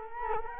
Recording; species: mosquito wingbeat signal from an infrared sensor; Culex quinquefasciatus